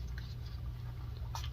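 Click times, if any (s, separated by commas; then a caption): none. The plastic rear cover of a Nintendo Switch console dock is being handled and pressed back on, with soft plastic handling taps around 0.2 s, 1.2 s and 1.4 s over a steady low hum. Nothing has seated or snapped into place yet by the end of the clip.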